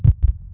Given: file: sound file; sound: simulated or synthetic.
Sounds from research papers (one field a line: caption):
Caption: Test file for S2 split detection. Binary soundtrack of realistically simulated two S2 heart sound splits. Each split has its own characteristic interval.